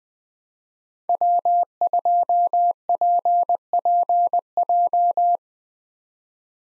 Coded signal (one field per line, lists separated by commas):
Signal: Morse code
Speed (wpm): 20 wpm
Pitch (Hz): 700 Hz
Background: none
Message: W2PPJ